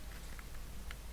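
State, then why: Seated. A plastic jump seat part of an Ecto-1 partwork scale model is pressed into its position on the car body. Two small, soft clicks are heard at 0.4 s and 0.9 s over a steady low background hum. The part clicks into place.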